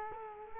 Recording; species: mosquito wingbeat signal from an infrared sensor; Culex quinquefasciatus